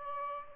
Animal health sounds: mosquito wingbeat signal from an infrared sensor; Aedes albopictus

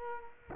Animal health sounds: mosquito wingbeat signal from an infrared sensor; Culex quinquefasciatus

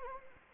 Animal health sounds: mosquito wingbeat signal from an infrared sensor; Anopheles gambiae

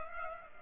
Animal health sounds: mosquito wingbeat signal from an infrared sensor; Culex pipiens

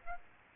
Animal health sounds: mosquito wingbeat signal from an infrared sensor; Aedes aegypti

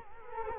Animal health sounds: mosquito wingbeat signal from an infrared sensor; Culex quinquefasciatus

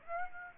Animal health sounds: mosquito wingbeat signal from an infrared sensor; Aedes aegypti

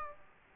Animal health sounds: mosquito wingbeat signal from an infrared sensor; Aedes aegypti

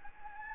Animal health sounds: mosquito wingbeat signal from an infrared sensor; Anopheles gambiae

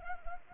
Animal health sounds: mosquito wingbeat signal from an infrared sensor; Anopheles arabiensis

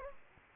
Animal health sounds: mosquito wingbeat signal from an infrared sensor; Anopheles gambiae

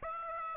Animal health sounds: mosquito wingbeat signal from an infrared sensor; Aedes aegypti

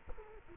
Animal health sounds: mosquito wingbeat signal from an infrared sensor; Culex quinquefasciatus

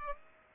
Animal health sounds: mosquito wingbeat signal from an infrared sensor; Aedes albopictus

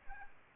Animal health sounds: mosquito wingbeat signal from an infrared sensor; Aedes albopictus

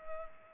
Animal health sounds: mosquito wingbeat signal from an infrared sensor; Culex pipiens

